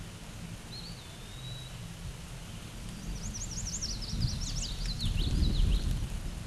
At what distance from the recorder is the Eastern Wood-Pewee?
about 50 m